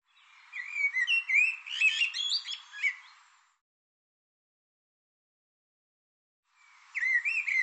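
Bird song: a rapid, chattering phrase of varied whistles, slurs and trills lasting about three seconds, then silence before a second phrase starts; background otherwise silent.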